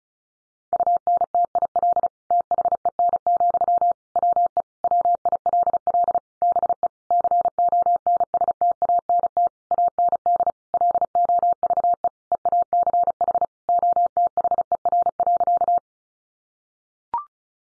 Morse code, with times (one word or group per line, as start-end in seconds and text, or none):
0.7-2.1 UNTIL
2.3-3.9 THEN,
4.2-4.6 WE
4.8-6.2 WILL
6.4-6.9 BE
7.1-9.5 CONSTANT
9.7-10.5 AND
10.7-12.1 LOVE
12.3-13.4 EACH
13.7-15.8 OTHER.